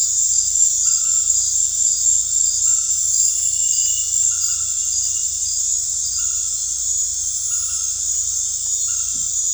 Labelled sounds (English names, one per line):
none